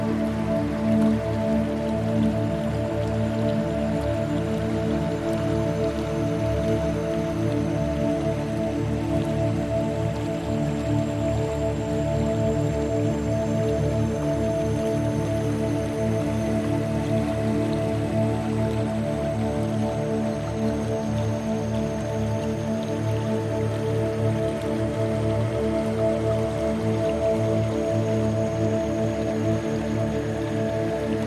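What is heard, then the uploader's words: Soft, heavenly music of long held tones in the low and middle range sits over a steady trickle of flowing river water. The chords barely change, and the watery patter stays even and unbroken for the whole half minute, with no sudden events. Heavenly Music & Graceful River Sounds.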